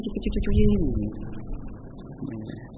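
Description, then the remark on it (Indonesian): A mobile phone ringtone of bird calls going off during a religious lecture, with warbling, cooing tones that rise and fall over a low rumble and faint background voices, then trail off. “Barangkali bisa diganti nadanya.”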